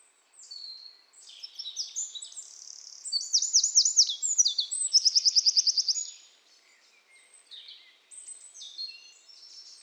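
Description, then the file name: Eurasian wren song that swells from quiet high twitters into loud tumbling phrases and a rapid dry trill, then fades to softer notes. "Troglodytes troglodytes"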